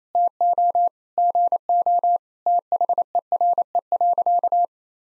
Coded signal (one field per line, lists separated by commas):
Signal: Morse code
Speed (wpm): 27 wpm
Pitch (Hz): 700 Hz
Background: none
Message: TO GO THERE.